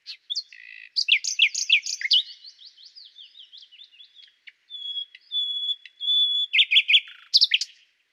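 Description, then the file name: Common nightingale song of varied fast chirps and slurred notes, then several sustained pure whistles, closing with loud rapid repeated notes. "Luscinia megarhynchos"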